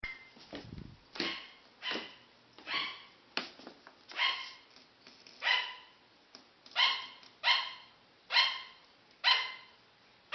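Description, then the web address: Sugar glider yapping: a few rustling clicks and bumps at the start, then a regular series of bright, harmonic barks roughly every half second to second. "paul. sugar Glider"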